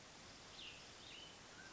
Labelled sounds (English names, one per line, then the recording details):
Cassin's Vireo
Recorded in Sonoma County, California